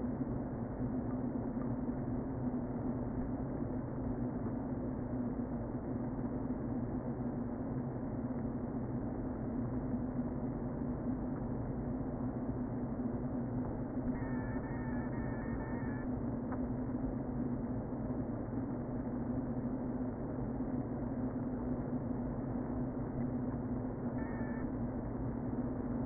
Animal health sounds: honeybee colony, microphone inside the hive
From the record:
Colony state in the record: queen present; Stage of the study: before two queens were removed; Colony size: about 60,000 bees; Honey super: yes

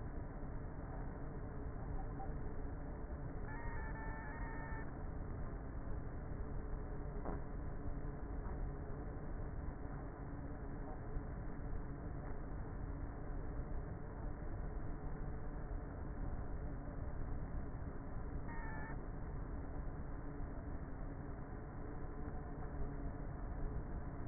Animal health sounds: honeybee colony, microphone inside the hive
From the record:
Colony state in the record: queenless with a low population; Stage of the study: before two queens were removed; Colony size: about 30,000 bees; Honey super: no

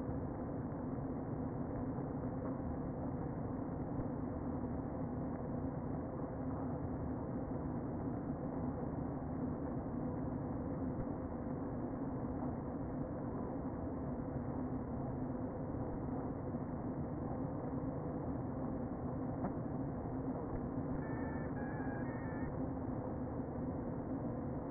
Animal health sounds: honeybee colony, microphone inside the hive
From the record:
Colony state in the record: queen present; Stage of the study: before two queens were removed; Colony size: about 60,000 bees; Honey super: yes

